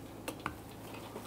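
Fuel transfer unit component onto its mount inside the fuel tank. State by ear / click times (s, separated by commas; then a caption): not seated / none. A component of the new fuel transfer unit for a 2011–2019 Ford Explorer 3.5L is handled while being pushed up and onto its mount inside the fuel tank. Two brief ticks are heard at about 0.3 s and 0.5 s over a low steady hum. Nothing has seated or snapped into place yet.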